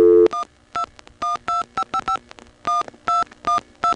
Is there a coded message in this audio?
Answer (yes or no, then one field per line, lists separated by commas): yes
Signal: DTMF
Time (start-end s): 0.3-3.9 s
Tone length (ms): 100 ms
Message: 12125551212